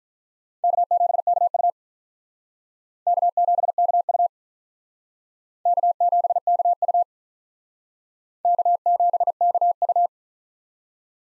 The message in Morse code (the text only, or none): K7KU K7KU K7KU K7KU